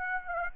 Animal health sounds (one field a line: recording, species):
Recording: mosquito wingbeat signal from an infrared sensor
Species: Aedes aegypti